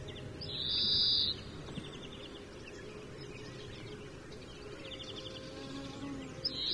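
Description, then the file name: European greenfinch drawing out a harsh, buzzy wheeze near the start, another beginning at the end, faint chattering notes between, over a constant low rumble. "Chloris chloris"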